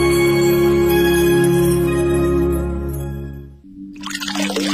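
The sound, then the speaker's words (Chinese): Water runs from a tap in a steady, humming flow, then breaks into a brighter, hissing splash for the last second. No one speaks. “你知道随时关紧水龙头可以节省很多水”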